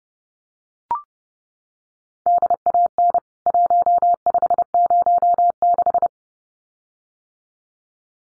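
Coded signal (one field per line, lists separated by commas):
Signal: Morse code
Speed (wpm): 30 wpm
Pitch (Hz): 700 Hz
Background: none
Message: DAN 1506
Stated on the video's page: Morse practice of CWT contest exchanges (name and membership number) at 30wpm for head-copy, each sent twice.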